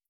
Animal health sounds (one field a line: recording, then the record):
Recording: hydrophone in a shrimp aquaculture tank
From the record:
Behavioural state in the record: starved